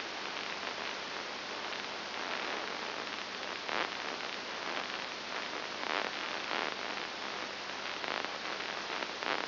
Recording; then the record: brain microelectrode recording played as sound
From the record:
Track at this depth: inside the subthalamic nucleus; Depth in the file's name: 5.301 mm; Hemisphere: left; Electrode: 2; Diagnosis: Parkinson's disease